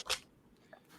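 The plastic blade of a collectible action figure's lightsaber is handled near its hilt. A short, loud broadband rustle comes at the start, then near-quiet with a faint brief tick around 0.7 s. Nothing has seated or clicked into the hilt yet.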